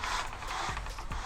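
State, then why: Not seated. A hand pulls the support arm of a Kammok Crosswing vehicle awning a little farther toward its next length setting, making steady scraping and rattling handling noise with brief knocks near 0.9 s and 1.1 s. The arm has not yet clicked into its detent setting; nothing has seated by the end.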